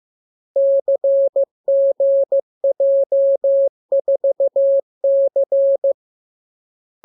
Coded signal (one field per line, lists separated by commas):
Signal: Morse code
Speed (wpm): 15 wpm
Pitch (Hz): 550 Hz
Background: none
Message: CGJ4C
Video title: Learning Morse Code. Lesson 39. Letter KMURESNAPTLWI.JZ=FOY,VG5/Q92H38B?47C1D60